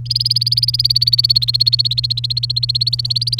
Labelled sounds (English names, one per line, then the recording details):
Domestic Canary song
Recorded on 30 April 2018 at 07:50
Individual llb3